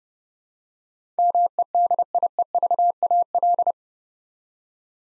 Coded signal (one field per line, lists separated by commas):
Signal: Morse code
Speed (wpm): 30 wpm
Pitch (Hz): 700 Hz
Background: none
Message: MEDIEVAL